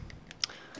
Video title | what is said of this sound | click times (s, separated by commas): PO Box Round Up (Hot Toys Boba Fett, Vintage Boba Fett, Marvel Legends) - Dan in the Photobooth #146 | just snaps right in here oh it's like a slide II it's like ice he's got a peg on his back | 0.4 s